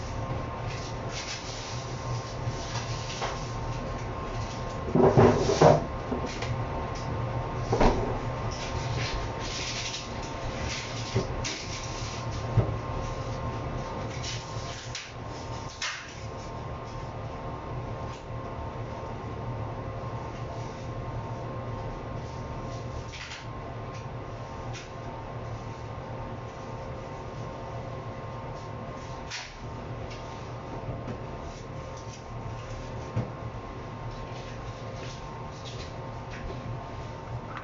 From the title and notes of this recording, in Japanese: キッチンでの物音をお送りします。